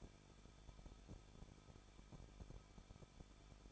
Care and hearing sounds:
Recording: daily activity, microphone in the room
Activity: no activity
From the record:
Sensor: 5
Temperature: 20.7 degrees Celsius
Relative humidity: 38.7%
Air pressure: 1006.5 hPa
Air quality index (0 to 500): 192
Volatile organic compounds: 21 ppm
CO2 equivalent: 2715 ppm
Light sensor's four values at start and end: 2/3/1/1 and 2/3/1/1

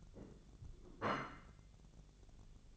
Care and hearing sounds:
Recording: daily activity, microphone in the room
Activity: place plate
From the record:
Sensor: 4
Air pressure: 1001.0 hPa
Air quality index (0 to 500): 145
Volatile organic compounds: 2 ppm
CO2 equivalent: 1071 ppm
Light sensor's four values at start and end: 26/62/25/27 and 26/61/25/27

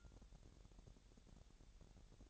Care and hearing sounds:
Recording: daily activity, microphone in the room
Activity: take from stove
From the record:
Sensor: 3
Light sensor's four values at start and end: 107/254/104/92 and 107/254/104/92

